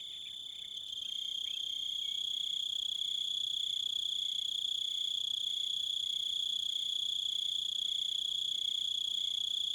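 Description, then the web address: Crickets chirping in a dense, continuous high-pitched trill, with a lower cricket pulsing regularly about three times a second beneath it. "Sounds of Nature Collection. Crickets And Wolves"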